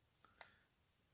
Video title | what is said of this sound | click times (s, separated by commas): How to Replace an LG Phone Screen - LG Optimus Exceed 2 | Clicked right in. Now let's plug it in. | 0.4 s